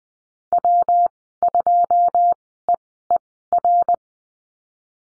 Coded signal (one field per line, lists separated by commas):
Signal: Morse code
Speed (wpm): 20 wpm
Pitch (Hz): 700 Hz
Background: none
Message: W2EER